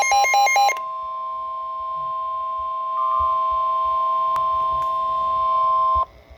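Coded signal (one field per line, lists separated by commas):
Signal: Emergency Alert System (SAME) tones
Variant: 1050 Hz attention tone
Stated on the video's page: Special marine warning for a waterspout received on weather radio.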